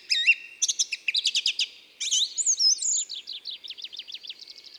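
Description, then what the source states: Song thrush song, rapid phrases of looping whistles and repeated buzzy notes, each motif repeated two or three times. Isère, France.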